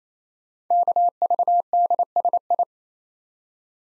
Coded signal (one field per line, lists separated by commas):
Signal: Morse code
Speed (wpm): 29 wpm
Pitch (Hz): 700 Hz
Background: none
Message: KVDSI